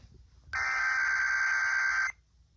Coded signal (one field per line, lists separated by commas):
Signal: Emergency Alert System (SAME) tones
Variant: header bursts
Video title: EAS 5983-5986: KDKA EAS TEST FROM 07/28/24